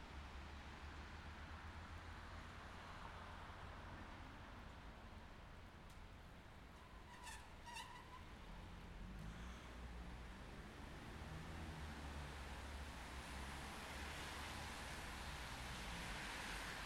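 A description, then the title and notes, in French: A crossroads in the rain: a steady, dense hiss of rain and wet tyres runs throughout, with a low engine rumble that thickens after nine seconds. Around seven to eight seconds, two short, bright squeaks ring out. Carrefour sous la pluie.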